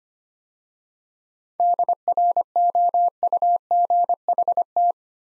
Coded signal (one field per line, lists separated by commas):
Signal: Morse code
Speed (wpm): 25 wpm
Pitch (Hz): 700 Hz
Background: none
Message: DROUGHT